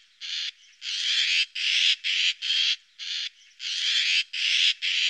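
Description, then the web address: Eurasian magpie giving a loud, rattling chatter. Harsh, grating bursts are repeated in quick succession, with a few short gaps between them. "IVN Zangvogels. Ekster"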